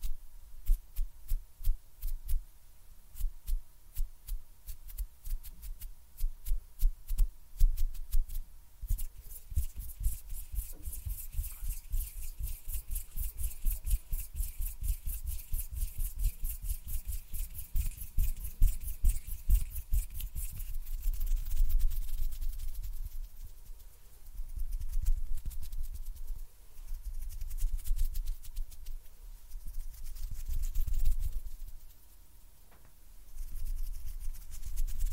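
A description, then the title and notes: Very close hand sounds: rapid finger fluttering and tapping make a dense, fast patter of crisp clicks over a low rumble. After about twenty seconds the taps blur into a steadier brushing rustle that swells and dips, with a faint steady hum underneath. ASMR HAND SOUNDS AND FINGER FLUTTERING VERY CLOSE TO GET YOU TO SLEEP – NO TALKING.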